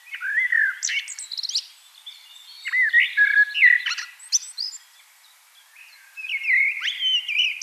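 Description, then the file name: Common blackbird giving rich fluted phrases broken by shrill high twitters, a pause, then a final looping whistled phrase. "Turdus merula"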